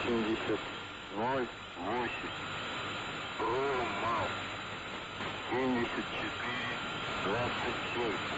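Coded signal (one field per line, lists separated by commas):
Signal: numbers station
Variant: UVB-76, Russian voice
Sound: a man's voice reading short spaced words through heavy radio hiss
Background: radio static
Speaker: sometimes the buzzing will stop and a person will read a mixture of numbers and names and Russian these coded messages are not pre-recorded but read out live on air one recorded broadcast was caught before Christmas of 1997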